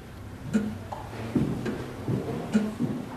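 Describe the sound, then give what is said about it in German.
A plain, man-high clock of light-coloured wood, which once ticked in a study in Berlin, ticks steadily and keeps exact time, soft woody clicks in an even tick-tock rhythm, fairly quiet over a low background hum with no one speaking. “dieses Ticken hat Fontane auch gehört”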